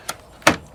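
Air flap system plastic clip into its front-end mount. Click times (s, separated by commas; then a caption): 0.5 s. On a 2011–2015 Hyundai Sonata Hybrid, the plastic clip of the air flap system unit is pressed onto its front-end mount on the other side, the same as the first side. A faint short tick at 0.1 s is followed by a sharp snap at 0.5 s, with a brief low tail. The clip is seated at 0.5 s.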